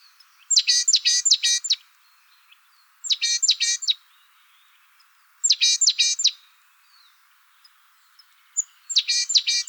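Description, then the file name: Great tit calls: four rasping, harmonic notes in quick clusters, each cluster recurring about every two and a half to three seconds against a quiet background. "Parus major"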